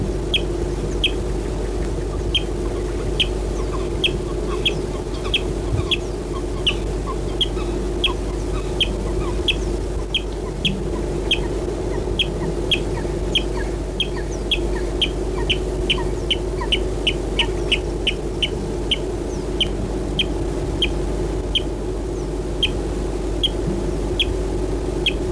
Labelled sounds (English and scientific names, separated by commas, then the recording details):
Water Rail (Rallus aquaticus) song
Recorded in the wild
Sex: male
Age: adult
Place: Aseleben, Eislebener Senke, Sachsen-Anhalt, DE
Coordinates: 51.4953, 11.6728
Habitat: lake
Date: 1964-04-01
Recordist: Stiefel, Arnd
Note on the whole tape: Süßer See, April 1964: Wasserralle Gesang. Mit hohen gig beginnend, allmählich in tiefere geg übergehend, dienen offensichtlich der Reviermarkierung. In gut besiedelten Gebieten stundenlang